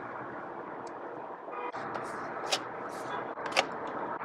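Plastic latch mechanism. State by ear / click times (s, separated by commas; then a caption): seated / 3.6 s. On a 2022–2023 Lexus GX, the lock release on the tonneau cover is pushed in and the retractable section slides to the end to store the cover compactly, over a steady background hiss. A sharp click lands at 3.6 s as the section locks in its collapsed position.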